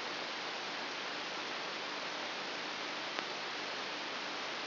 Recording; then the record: brain microelectrode recording played as sound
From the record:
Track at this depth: inside the subthalamic nucleus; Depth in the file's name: 4.202 mm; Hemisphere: right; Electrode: 3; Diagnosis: Parkinson's disease